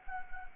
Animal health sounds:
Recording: mosquito wingbeat signal from an infrared sensor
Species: Anopheles gambiae

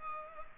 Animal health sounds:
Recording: mosquito wingbeat signal from an infrared sensor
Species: Culex pipiens

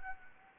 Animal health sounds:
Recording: mosquito wingbeat signal from an infrared sensor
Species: Anopheles arabiensis

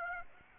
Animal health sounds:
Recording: mosquito wingbeat signal from an infrared sensor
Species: Aedes aegypti

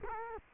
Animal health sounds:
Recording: mosquito wingbeat signal from an infrared sensor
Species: Culex quinquefasciatus

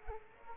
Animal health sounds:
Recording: mosquito wingbeat signal from an infrared sensor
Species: Aedes aegypti

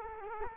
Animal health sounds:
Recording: mosquito wingbeat signal from an infrared sensor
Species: Culex quinquefasciatus

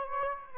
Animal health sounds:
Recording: mosquito wingbeat signal from an infrared sensor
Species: Aedes aegypti

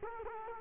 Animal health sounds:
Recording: mosquito wingbeat signal from an infrared sensor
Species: Culex quinquefasciatus

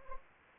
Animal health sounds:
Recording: mosquito wingbeat signal from an infrared sensor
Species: Anopheles arabiensis

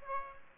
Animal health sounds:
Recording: mosquito wingbeat signal from an infrared sensor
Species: Aedes aegypti

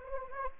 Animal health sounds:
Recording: mosquito wingbeat signal from an infrared sensor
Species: Anopheles arabiensis

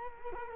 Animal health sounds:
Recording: mosquito wingbeat signal from an infrared sensor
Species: Culex quinquefasciatus

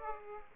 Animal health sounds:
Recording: mosquito wingbeat signal from an infrared sensor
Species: Aedes aegypti

